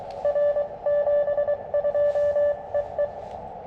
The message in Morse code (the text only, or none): R 72 EE